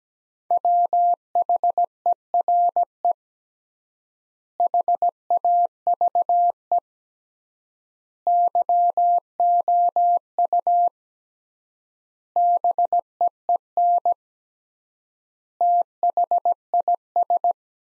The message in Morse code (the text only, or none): WHERE HAVE YOU BEEN THIS